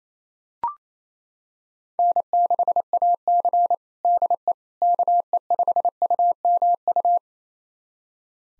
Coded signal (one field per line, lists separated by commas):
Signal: Morse code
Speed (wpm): 28 wpm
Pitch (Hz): 700 Hz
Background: none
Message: N6AC DE KE5UMU